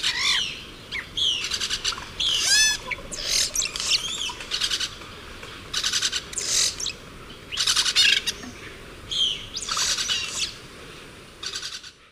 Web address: Natures Songs S America Eastern Lowlands. Cacicus cela, calls